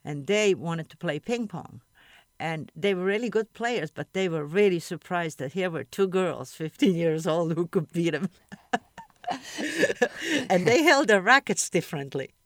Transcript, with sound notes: And they wanted to play ping pong, and they were really good players, but they were really surprised that here were two girls, fifteen years old, who could beat 'em. (laughs) And they held their rackets differently.